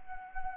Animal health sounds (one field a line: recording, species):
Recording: mosquito wingbeat signal from an infrared sensor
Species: Anopheles arabiensis